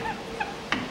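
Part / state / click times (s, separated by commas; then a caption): retaining circlip into universal joint yoke groove / not seated / none. A retaining circlip is handled while being fitted into its groove in the universal joint yoke on the driveshaft cross, during gearbox installation on a 1993 Mitsubishi RVR N28W. Faint tonal handling noises are heard, with a brief sharp sound near 0.7 s. Nothing has seated or clicked yet.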